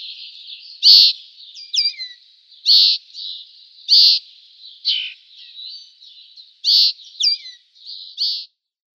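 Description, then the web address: Eurasian linnet song of clipped chirps and short downslurred whistles, delivered in loose bursts over a faint continuous twitter. "Schulze Peter Eurasian Linnet song"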